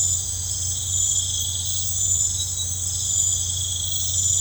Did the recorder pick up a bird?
no